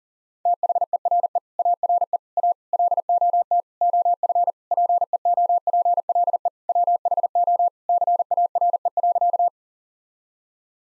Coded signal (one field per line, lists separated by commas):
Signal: Morse code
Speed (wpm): 37 wpm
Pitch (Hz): 700 Hz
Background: none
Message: THERE ARE A LOT OF PEOPLE WHO CARE.